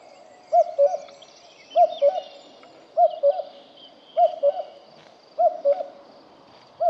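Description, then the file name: Common cuckoo repeating a clear descending two-note cu-coo roughly every 1.2 seconds, six phrases in a regular rhythm, with faint chirps behind. "cuco cuculus canorus"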